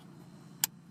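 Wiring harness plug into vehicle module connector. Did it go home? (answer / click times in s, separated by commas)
yes / 0.6 s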